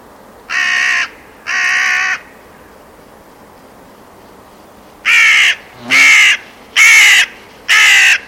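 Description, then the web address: Bird calls, harsh crow-like caws given in two groups: two strong notes, a pause of about three seconds, then four more in steady succession. "Deverinetal 2025 File origin Bird Only"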